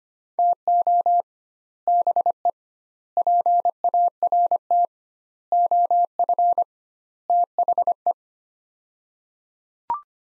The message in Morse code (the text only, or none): TO BE PART OF THE